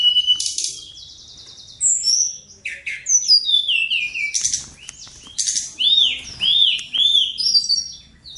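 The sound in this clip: High bird song mixing scratchy bursts with clear descending whistles and looping, arched whistled notes repeated near the end.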